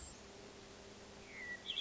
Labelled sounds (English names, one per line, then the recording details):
Hermit Thrush
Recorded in Sonoma County, California